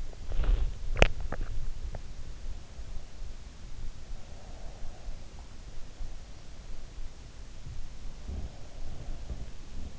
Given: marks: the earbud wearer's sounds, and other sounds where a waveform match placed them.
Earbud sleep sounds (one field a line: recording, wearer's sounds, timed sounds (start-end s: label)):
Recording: sounds in sleep by an in-ear microphone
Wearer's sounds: body movement, swallowing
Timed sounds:
0.00-0.83 s: body movement
0.83-1.54 s: swallowing
7.34-9.99 s: sound from someone else or the room